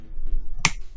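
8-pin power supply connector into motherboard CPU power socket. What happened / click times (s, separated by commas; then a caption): The power connector latched into its socket / 0.7 s. An 8-pin power supply connector is pushed into the CPU power socket on a motherboard until it clicks onto the lip. Over quiet low background noise, one sharp, loud, short click sounds at 0.7 s as the connector latches and seats.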